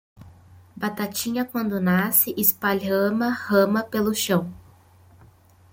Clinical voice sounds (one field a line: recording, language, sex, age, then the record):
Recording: short text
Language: Brazilian Portuguese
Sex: female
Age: 20 to 29 years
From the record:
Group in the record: control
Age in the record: 28 years